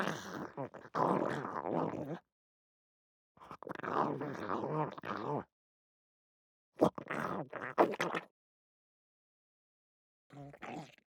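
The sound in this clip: Pug growling in several rough, throaty bursts separated by silent pauses, with a final short rumble at the end.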